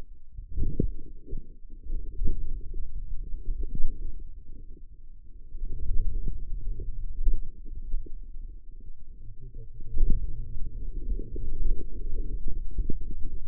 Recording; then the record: forearm muscle sounds (acoustic myography)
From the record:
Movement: hand opening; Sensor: system 2, bracelet of six BSWA MPA416 microphones around the upper forearm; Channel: 6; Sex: male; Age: 22 years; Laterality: right